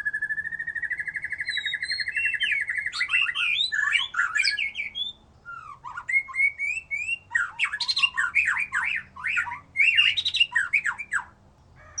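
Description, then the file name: White-rumped shama song: a long steady whistle, then rich varied phrases of harsh notes, trills and quick slurred whistles, with short pauses between bursts. "murai batu"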